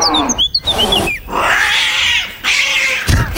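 An angry cat, addressed as Matou, growls and hisses in several loud, rasping bursts separated by brief pauses, opening with a few high, wavering yowl-like cries. No one speaks.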